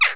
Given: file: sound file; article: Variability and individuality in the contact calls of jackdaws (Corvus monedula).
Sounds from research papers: jackdaw call; harmonic

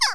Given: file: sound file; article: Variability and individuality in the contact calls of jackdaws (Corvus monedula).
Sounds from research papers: jackdaw call; harmonic

